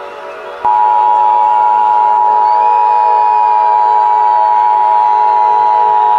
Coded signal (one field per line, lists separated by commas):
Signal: Emergency Alert System (SAME) tones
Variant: 853 and 960 Hz attention tone